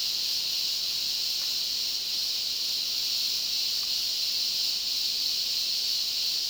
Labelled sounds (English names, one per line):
none